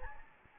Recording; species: mosquito wingbeat signal from an infrared sensor; Anopheles gambiae